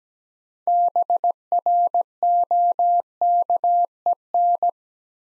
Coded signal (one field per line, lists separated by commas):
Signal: Morse code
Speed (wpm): 17 wpm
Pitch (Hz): 700 Hz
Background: none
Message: BROKEN